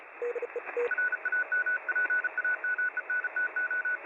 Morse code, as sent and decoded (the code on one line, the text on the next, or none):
.-. .- -- .--. .- -- . -. - ---
RAMPAMENTO